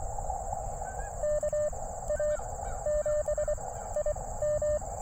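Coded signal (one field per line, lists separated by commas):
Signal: Morse code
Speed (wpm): 21 wpm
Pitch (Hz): 600 Hz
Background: none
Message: KA7IM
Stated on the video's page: CW Parks on the Air activation with an Elecraft KX2 and Gabil GRA 7350TC antenna in a town park with much RF noise; conditions decent.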